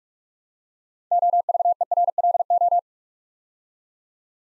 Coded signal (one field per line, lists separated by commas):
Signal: Morse code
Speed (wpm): 44 wpm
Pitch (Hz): 700 Hz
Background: none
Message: OVERLO